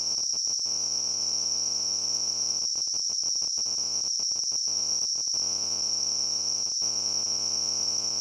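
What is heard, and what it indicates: A steady high-pitched ringing tone runs unbroken for the full eight seconds, with a faint buzzing, cricket-like texture and no pauses. It is a simulation of tinnitus, the phantom ringing or buzzing that a person hears without any outside sound.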